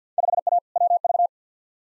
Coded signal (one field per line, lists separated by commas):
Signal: Morse code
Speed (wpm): 50 wpm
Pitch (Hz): 700 Hz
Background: none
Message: 5A WV